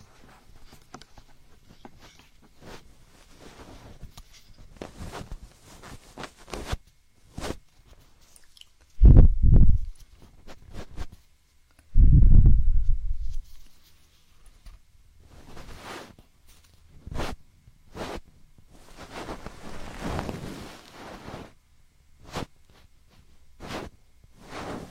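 Binaural ear picking and ear massage, made of soft scratching, rubbing and crisp tapping sounds that come in short bursts and sharp clicks. Two heavier, low rumbling rubs stand out near 9 and 12 seconds. Quieter stretches fall between the sounds.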